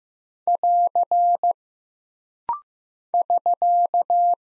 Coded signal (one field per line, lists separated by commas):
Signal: Morse code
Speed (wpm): 15 wpm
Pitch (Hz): 700 Hz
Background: none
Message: <AR> <SK>